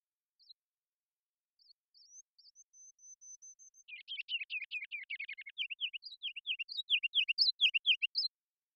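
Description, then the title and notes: Ruby-crowned kinglet, a few soft high notes building into a busy twittering burst, followed by loud repeated bouncing phrases; no other sounds. Series of full songs, short songs and phrases, recorded with a parabolic microphone in Washington, Pacific Northwest, United States. "Ruby-crowned Kinglet, Regulus calendula, song performance with a series of full songs, short songs, and phrases. Pacific Northwest in Washington, Unister States"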